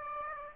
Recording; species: mosquito wingbeat signal from an infrared sensor; Aedes aegypti